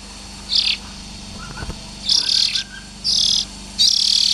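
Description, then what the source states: Oriental magpie-robin rasping calls, a few hissy high bursts spaced irregularly, with a faint lower note and a short thump between them. Young birds.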